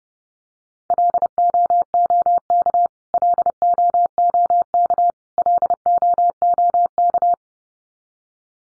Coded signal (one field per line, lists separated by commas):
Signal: Morse code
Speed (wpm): 30 wpm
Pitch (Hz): 700 Hz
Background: none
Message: LOOK LOOK LOOK